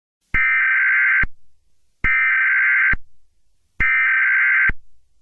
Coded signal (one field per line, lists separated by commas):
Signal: Emergency Alert System (SAME) tones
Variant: header bursts